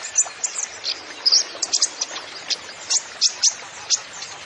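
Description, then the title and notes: Kolibri Ninja song: spaced, high-pitched chirps and short buzzy notes, a few per second, with soft hiss beneath. Song with full isian (fill) phrases and tembakan (shot) style, in full song (gacor), used as masteran to train songbirds. "MASTERAN KOLIBRI NINJA FULL ISIAN DAN TEMBAKAN. Suara Burung Kolibri Ninja Gacor"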